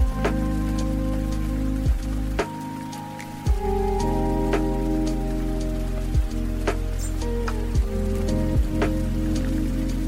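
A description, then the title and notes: Rain, heard as sharp individual drops striking a surface every second or so, at uneven intervals. Beneath them runs a steady low hum with layered tones that shifts slightly and thins out briefly around the third second before returning. Rain.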